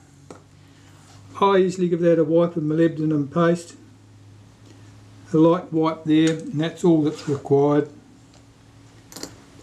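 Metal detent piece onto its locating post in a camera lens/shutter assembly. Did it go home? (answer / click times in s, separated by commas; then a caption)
yes / 9.2 s. Someone talks while a metal detent piece, given a light wipe of molybdenum paste, is worked on in a Kodak Retina IIIC lens assembly. It is pressed onto its locating post and seats with a small double click at about 9.2 s and 9.2 s.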